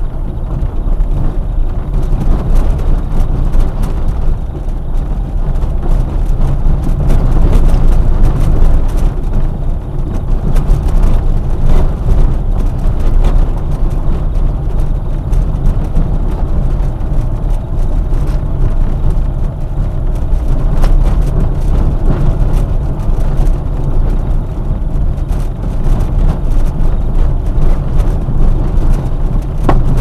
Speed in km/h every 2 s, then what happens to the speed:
18, 21, 21, 20, 20, 22, 22, 25, 26, 25, 24, 24, 23, 23, 22.
0-30 steady at about 22.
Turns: none.